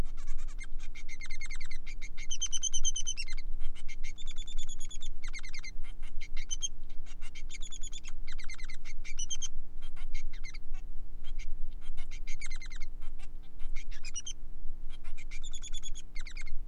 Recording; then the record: song of a male Bengalese finch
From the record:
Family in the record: son of father 3